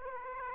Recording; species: mosquito wingbeat signal from an infrared sensor; Aedes aegypti